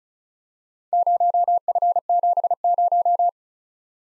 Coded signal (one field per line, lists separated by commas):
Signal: Morse code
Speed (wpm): 36 wpm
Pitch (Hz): 700 Hz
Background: none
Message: 0F70